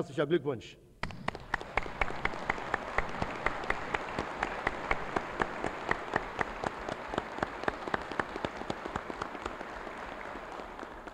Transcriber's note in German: Applaus